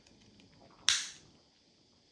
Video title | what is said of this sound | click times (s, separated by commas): Woolworths Bricks farm tractor, quad bike and animal set unboxing & building | nice little click noise there you go | 0.9 s